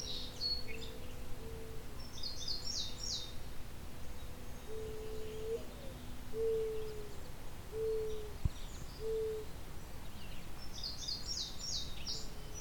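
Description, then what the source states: Mourning Dove song, soft low hooting coos in a slow series, with brief high songbird phrases and steady background hiss. Two doves singing back and forth, starting again as the recordist leaves; speaker guesses a male-female duet.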